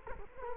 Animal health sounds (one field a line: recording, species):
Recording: mosquito wingbeat signal from an infrared sensor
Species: Culex quinquefasciatus